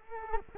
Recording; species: mosquito wingbeat signal from an infrared sensor; Culex quinquefasciatus